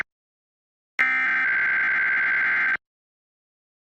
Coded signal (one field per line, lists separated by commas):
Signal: Emergency Alert System (SAME) tones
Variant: header bursts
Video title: KGO-TV Required Weekly Test (EAS #1178) 9/6/23